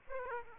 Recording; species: mosquito wingbeat signal from an infrared sensor; Aedes aegypti